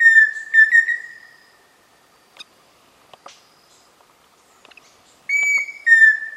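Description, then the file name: Pheasant cuckoo singing pure whistles, a short run of steady notes, then after a quiet spell a higher held note followed by a lower slurred one. "canto do saci faisao"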